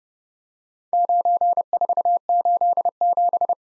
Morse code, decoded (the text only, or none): 9487